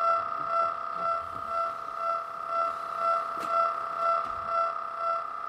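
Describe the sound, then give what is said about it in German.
A digitized epileptic brain wave played as sound: a steady, buzzy electronic tone rich in harmonics, swelling and fading in a regular pulse about twice a second, with no voices. “Der beschriebene Sachverhalt tritt noch deutlicher in Erscheinung, wenn wir die Wellen digitalisieren. Hier die Welle des Epileptikers.”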